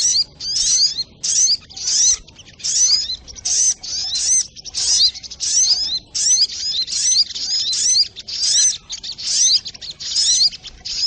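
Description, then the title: Little spiderhunter song, a long run of shrill twittering bursts with rapid downslurred notes, many phrases in quick succession. Masteran training recording, labelled Labaik. "Masteran Burung Sogok Ontong Labaik"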